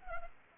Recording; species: mosquito wingbeat signal from an infrared sensor; Culex pipiens